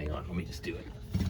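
A man talks while handling a manual adjustable Springfield seat pedestal for a Yamaha SX210 jet boat captain's chair, pulling its lever to raise the metal column toward a height-lock position. Low handling rumbles and shifting sounds accompany the speech. Nothing has seated or clicked into place yet.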